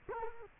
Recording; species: mosquito wingbeat signal from an infrared sensor; Culex quinquefasciatus